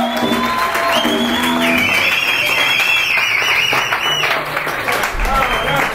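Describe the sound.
Loud, steady audience applause: dense clapping throughout, with high-pitched whistles and shouts of cheering voices rising over it for the full six seconds.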